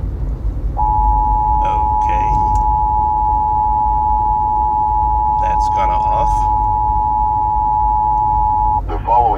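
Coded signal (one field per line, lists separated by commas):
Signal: Emergency Alert System (SAME) tones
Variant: 853 and 960 Hz attention tone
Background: speech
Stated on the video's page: Fake alien invasion EAS radio broadcast made as a prank, audio woven into a song.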